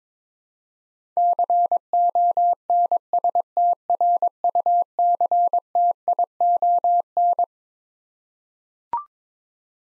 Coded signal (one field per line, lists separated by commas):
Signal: Morse code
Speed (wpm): 22 wpm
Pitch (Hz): 700 Hz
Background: none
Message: CONSTRUCTION